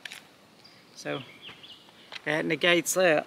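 An empty pistol magazine is inserted into the grip of a larger pistol, with a Glock 43X involved, and a sharp click at 0.1 s marks it locking into place. A few faint ticks follow, then someone talks.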